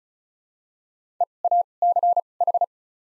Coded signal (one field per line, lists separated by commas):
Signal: Morse code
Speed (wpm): 36 wpm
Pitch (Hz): 700 Hz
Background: none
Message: EACH